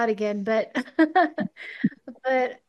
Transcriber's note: laughs